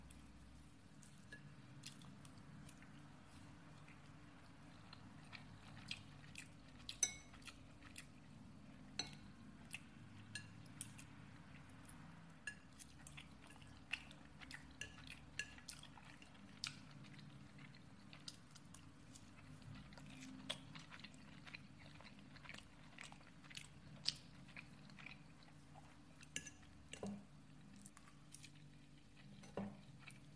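A person eating: frequent sharp clicks and crunchy bites scatter throughout, with clinks like cutlery, over a steady low hum underneath.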